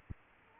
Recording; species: mosquito wingbeat signal from an infrared sensor; Culex quinquefasciatus